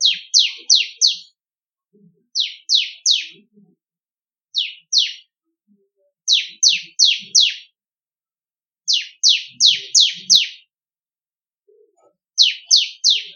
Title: Ciblek Kristal